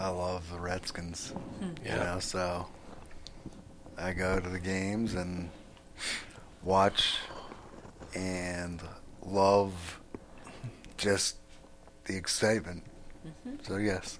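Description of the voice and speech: Halting adult male speech with short phrases, long pauses and drawn-out sounds, fitting nonfluent aphasia.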